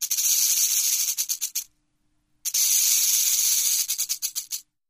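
Rattlesnake rattling: two dense, hissing buzzes, each about two seconds long, that break into slowing, separate pulses before stopping, with a short silence between them.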